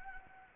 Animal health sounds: mosquito wingbeat signal from an infrared sensor; Anopheles arabiensis

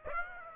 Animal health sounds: mosquito wingbeat signal from an infrared sensor; Aedes aegypti

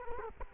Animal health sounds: mosquito wingbeat signal from an infrared sensor; Culex quinquefasciatus

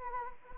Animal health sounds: mosquito wingbeat signal from an infrared sensor; Anopheles arabiensis

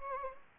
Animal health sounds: mosquito wingbeat signal from an infrared sensor; Anopheles gambiae

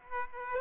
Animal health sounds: mosquito wingbeat signal from an infrared sensor; Aedes aegypti

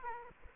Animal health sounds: mosquito wingbeat signal from an infrared sensor; Aedes aegypti

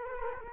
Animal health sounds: mosquito wingbeat signal from an infrared sensor; Culex quinquefasciatus

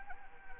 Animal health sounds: mosquito wingbeat signal from an infrared sensor; Anopheles arabiensis

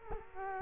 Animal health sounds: mosquito wingbeat signal from an infrared sensor; Culex quinquefasciatus

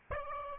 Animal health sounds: mosquito wingbeat signal from an infrared sensor; Aedes albopictus

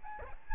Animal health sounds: mosquito wingbeat signal from an infrared sensor; Aedes albopictus

